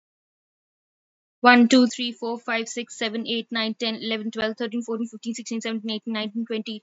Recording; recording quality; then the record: counting at a fast pace; moderate, slight background noise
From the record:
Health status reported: healthy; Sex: female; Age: 39 years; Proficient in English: yes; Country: India